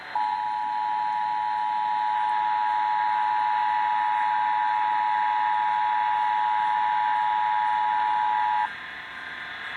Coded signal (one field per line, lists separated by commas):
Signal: Emergency Alert System (SAME) tones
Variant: 853 and 960 Hz attention tone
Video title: (EAS #537-544) November 2023 Texas Required Monthly Test